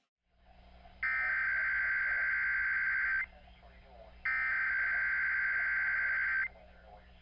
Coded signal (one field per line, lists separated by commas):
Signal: Emergency Alert System (SAME) tones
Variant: header bursts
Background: speech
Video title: 2017 Iowa Tornado Drill tests on TV and radio (EAS #322-327)